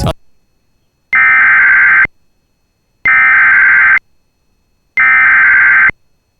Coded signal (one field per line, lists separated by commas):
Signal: Emergency Alert System (SAME) tones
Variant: header bursts